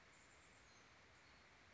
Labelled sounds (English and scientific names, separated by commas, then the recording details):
Chestnut-backed Chickadee (Poecile rufescens)
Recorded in Sonoma County, California